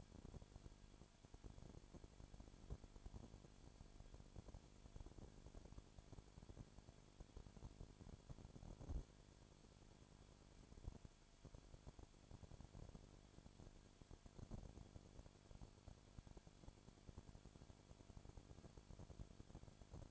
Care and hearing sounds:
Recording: daily activity, microphone in the room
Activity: no activity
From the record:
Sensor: 5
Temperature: 20.1 degrees Celsius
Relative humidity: 36.5%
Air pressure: 1001.1 hPa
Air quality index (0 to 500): 176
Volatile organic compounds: 4 ppm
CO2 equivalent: 1602 ppm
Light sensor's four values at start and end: 2/3/1/1 and 2/3/1/1

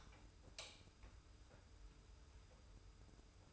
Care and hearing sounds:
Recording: daily activity, microphone in the room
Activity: light on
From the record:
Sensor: 2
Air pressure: 990.8 hPa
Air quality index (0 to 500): 121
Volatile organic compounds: 85 ppm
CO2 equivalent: 3649 ppm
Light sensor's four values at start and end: 25/60/24/24 and 30/77/31/31

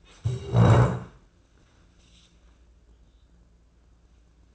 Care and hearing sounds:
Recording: daily activity, microphone in the room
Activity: stand up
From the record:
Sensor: 2

